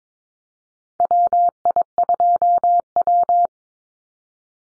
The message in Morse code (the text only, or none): WI2W